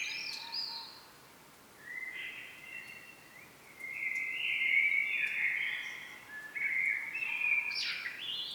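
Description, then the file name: Common blackbird singing mellow warbled phrases with a few high thin squeaks, over soft background noise. "Turdus merula"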